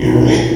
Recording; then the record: squeal of a Yucatan mini pig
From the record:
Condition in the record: before surgery on the right vocal fold (resection and tissue-engineered implant); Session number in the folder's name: 1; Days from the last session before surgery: -3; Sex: male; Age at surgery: 12 weeks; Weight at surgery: 13 kg